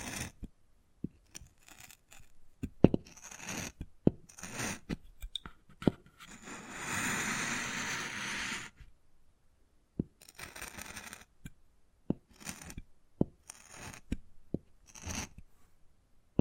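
Wood carving: short scratches and scrapes come in bursts, broken by sharp taps roughly every second. Around seven to nine seconds a longer, steadier rasping scrape runs for about two seconds. After that, scattered quick scratches and taps return with brief silences between them.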